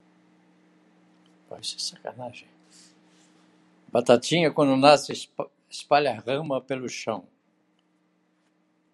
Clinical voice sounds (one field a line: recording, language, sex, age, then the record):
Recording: short text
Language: Brazilian Portuguese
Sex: male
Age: 80 to 89 years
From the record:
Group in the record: control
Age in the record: 80 years